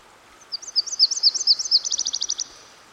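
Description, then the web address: Myrtle warbler song, a high warbled series of paired chirps that speeds into a rapid trill before stopping abruptly, over a constant gentle rush. Singing by a stream. "Dan Gibson Songbirds By The Stream. Myrtle Warbler"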